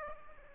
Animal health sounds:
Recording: mosquito wingbeat signal from an infrared sensor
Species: Aedes aegypti

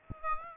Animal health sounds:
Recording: mosquito wingbeat signal from an infrared sensor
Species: Aedes aegypti

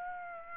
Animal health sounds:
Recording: mosquito wingbeat signal from an infrared sensor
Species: Aedes aegypti

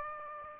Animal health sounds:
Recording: mosquito wingbeat signal from an infrared sensor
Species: Aedes aegypti

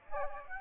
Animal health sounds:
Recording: mosquito wingbeat signal from an infrared sensor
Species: Aedes aegypti

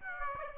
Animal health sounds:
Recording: mosquito wingbeat signal from an infrared sensor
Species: Aedes aegypti

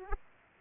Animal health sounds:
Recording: mosquito wingbeat signal from an infrared sensor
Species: Aedes aegypti

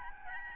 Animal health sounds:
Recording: mosquito wingbeat signal from an infrared sensor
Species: Aedes albopictus

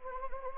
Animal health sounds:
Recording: mosquito wingbeat signal from an infrared sensor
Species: Anopheles gambiae

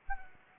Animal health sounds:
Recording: mosquito wingbeat signal from an infrared sensor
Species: Anopheles arabiensis

